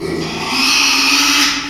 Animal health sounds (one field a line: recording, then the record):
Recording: squeal of a Yucatan mini pig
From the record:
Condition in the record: after surgery on the right vocal fold (resection and tissue-engineered implant)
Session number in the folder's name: 2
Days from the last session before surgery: 13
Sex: male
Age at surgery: 12 weeks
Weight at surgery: 13 kg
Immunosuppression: cyclosporine, prednisolone